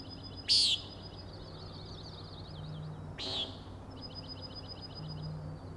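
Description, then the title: Common nighthawk calls a loud nasal peent then a softer one, with rapid high ticking trills filling the gaps. Three birds giving peenting calls while flying closely in follow-the-leader formation, near the recordist; Overlook, Schoodic Head, Acadia National Park, Winter Harbor, Maine; 16 June 2017, 4am. "Common Nighthawks, Schoodic Head 061617 4am"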